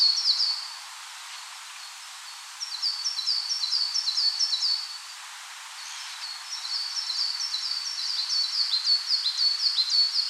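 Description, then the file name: Coal tit delivering several bursts of high, rhythmic two-note phrases, each repeated rapidly, separated by brief pauses, with soft hiss throughout. "Parus ater"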